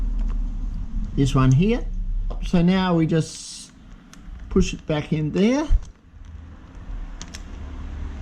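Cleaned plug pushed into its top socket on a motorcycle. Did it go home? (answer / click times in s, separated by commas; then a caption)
yes / 7.2 s, 7.4 s. A cleaned plug connector is pushed back into its top socket on a Vmax motorcycle while someone talks. Two sharp, short clicks at 7.2 s and 7.4 s mark the connector seating, over a low background rumble.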